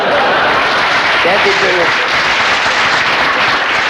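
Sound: audience applause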